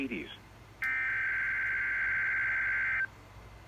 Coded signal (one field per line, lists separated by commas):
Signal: Emergency Alert System (SAME) tones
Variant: header bursts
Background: speech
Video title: Tornado watch (EAS 16) FIRST ONE IN MY LIFE!!!